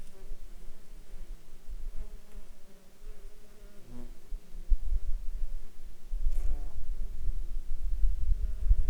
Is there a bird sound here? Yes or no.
no